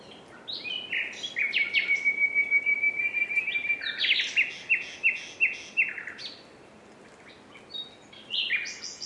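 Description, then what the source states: Common nightingale delivering a drawn-out whistle that breaks into a rhythmic series of loud pulsed notes, then a few soft chirps and a fresh phrase. Recording described as a nightingales' concert.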